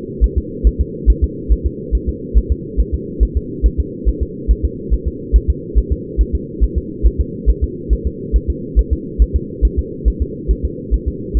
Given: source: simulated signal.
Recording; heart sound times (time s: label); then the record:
fetal heart sounds
0.24 s: S1
0.38 s: S2
0.67 s: S1
0.81 s: S2
1.10 s: S1
1.24 s: S2
1.52 s: S1
1.66 s: S2
1.95 s: S1
2.09 s: S2
2.38 s: S1
2.52 s: S2
2.80 s: S1
2.94 s: S2
3.23 s: S1
3.37 s: S2
3.66 s: S1
3.80 s: S2
4.09 s: S1
4.23 s: S2
4.51 s: S1
4.65 s: S2
4.94 s: S1
5.08 s: S2
5.36 s: S1
5.50 s: S2
5.78 s: S1
5.92 s: S2
6.21 s: S1
6.35 s: S2
6.64 s: S1
6.78 s: S2
7.06 s: S1
7.21 s: S2
7.50 s: S1
7.64 s: S2
7.93 s: S1
8.07 s: S2
8.36 s: S1
8.50 s: S2
8.79 s: S1
8.93 s: S2
9.22 s: S1
9.36 s: S2
9.65 s: S1
9.79 s: S2
10.08 s: S1
10.22 s: S2
10.51 s: S1
10.65 s: S2
10.94 s: S1
11.08 s: S2
11.37 s: S1
From the record:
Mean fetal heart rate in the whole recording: 140 bpm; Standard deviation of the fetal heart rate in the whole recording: 2 bpm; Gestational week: 34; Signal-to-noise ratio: -4.1 dB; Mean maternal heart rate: no maternal heart sound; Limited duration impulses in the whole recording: absent